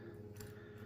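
A bent paperclip is fed into the side of a chained steel handcuff and pushed toward the double-lock bar until the double lock disengages with a faint click at 0.4 s. The click is a brief, soft tick over a steady low hum, and the double lock is released.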